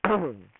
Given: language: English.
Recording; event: throat vibration sensor signal played as sound; throat clearing